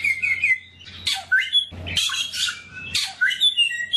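Bird song with squawky, buzzy bursts and high twittering whistles, broken by short pauses, over a steady low hum.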